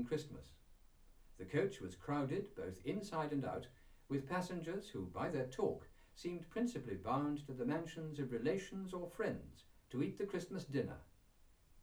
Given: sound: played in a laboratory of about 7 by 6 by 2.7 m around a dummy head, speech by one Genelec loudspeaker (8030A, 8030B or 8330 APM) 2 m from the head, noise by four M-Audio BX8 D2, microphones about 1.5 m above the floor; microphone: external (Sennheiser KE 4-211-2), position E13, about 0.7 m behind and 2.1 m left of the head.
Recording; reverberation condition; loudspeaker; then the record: male speech in English; low; 90 degrees to the right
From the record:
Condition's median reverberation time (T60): about 310 ms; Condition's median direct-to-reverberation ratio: about 3.5 dB